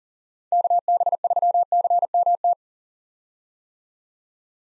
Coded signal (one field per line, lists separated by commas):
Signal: Morse code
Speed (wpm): 40 wpm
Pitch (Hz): 700 Hz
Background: none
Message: KB3CMT